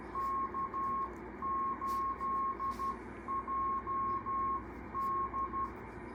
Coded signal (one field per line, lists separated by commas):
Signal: Morse code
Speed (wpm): 12 wpm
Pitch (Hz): 1080 Hz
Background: none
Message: K8JD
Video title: Learning Morse Code (CW) 5 wpm - part 4